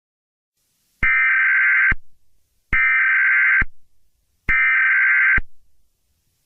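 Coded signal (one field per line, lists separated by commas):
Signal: Emergency Alert System (SAME) tones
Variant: header bursts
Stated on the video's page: Fictional scenario, not real.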